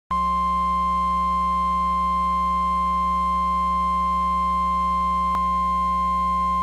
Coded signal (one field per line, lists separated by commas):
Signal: Emergency Alert System (SAME) tones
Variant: 1050 Hz attention tone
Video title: IL SVR (Tennis Ball Sized Hail!) EAS #511